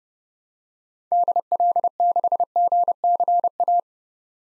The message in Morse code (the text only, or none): DL6GCA